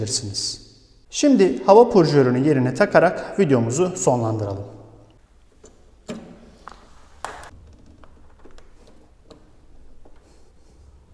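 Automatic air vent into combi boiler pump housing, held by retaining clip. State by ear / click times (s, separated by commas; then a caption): not seated / none. Someone talks while an automatic air vent is being refitted into the pump housing of a combi boiler, where a metal retaining clip will lock it in place. A few faint, short handling taps follow the talk. Nothing has seated or clicked yet.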